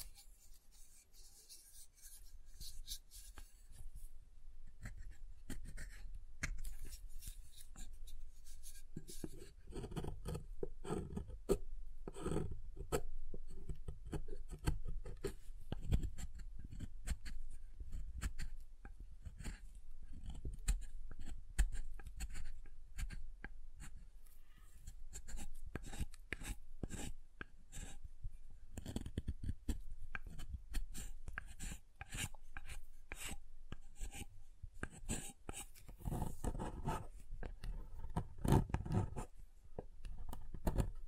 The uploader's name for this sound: SoftHard Soap Tapping and Carving